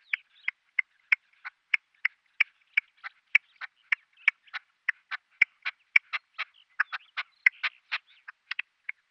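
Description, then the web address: Red-legged partridge giving a rapid, fairly even series of short, dry, scratchy notes, several each second, with no other clear sounds. Male, giving a display call. "Schulze Peter Red-legged Partridge male display"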